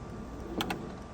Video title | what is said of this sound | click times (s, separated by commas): Hose reel shoot out ! Giraffe Tool vs "knock Off" no more kinky hose ! Using my Milwaukee Tools | you can hear a little click and when you hear a click if you let go it'll pull back a few and then there you go or you can | 0.6 s, 0.7 s